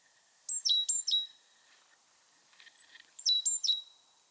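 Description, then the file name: Great tit calls: two short bursts of sharp high notes, each dropping quickly to a lower tone, separated by a pause of about two seconds, with faint chirps between. "Parus major"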